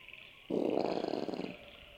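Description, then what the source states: Brush-tailed possum giving a single harsh, rasping grunt lasting about a second, over a steady high drone. Several possums grunting in the woods.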